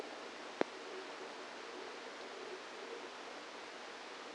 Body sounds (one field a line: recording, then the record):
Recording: brain microelectrode recording played as sound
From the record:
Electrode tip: outside the subthalamic nucleus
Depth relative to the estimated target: 3 mm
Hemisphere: right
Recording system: NeuroSet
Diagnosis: Parkinson's disease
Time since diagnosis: 7 years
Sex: female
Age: 68 years